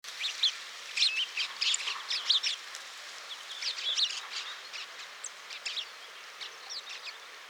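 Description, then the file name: House sparrow chirping, a busy irregular stream of short bright chirps, easing off and becoming sparser after about five seconds. "Passer domesticus"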